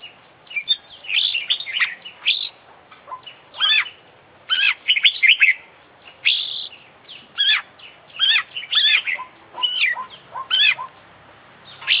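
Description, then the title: Oriental magpie-robin song: rich bursts of sweet, rapid whistled and chattering phrases, varied and high, delivered in quick succession with short pauses between. Champion contest Oriental magpie-robin from the Indonesian songbird hobby; full 'isian' song, meaning the complete set of song phrases, recorded for training birds. "Full Isian Juara Internasional Burung KACER Gacor"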